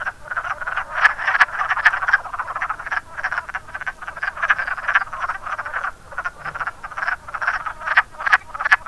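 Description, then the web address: Loud wood frog chorus of quacking, clucking croaks tumbling over one another without pause, a few sharp clicks standing out. "zoology woodfrog"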